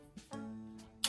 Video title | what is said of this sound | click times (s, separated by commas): How to assemble the Safetots Mesh Bed Guard? - Safetots | and they'll click into position, and then we can click both of these | 1.0 s